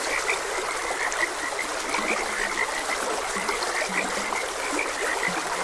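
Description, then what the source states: Frogs croaking, high clicking chirps scattered throughout and a few low rasping croaks, with a gentle stream rushing steadily behind. Frogs croaking beside a gentle stream.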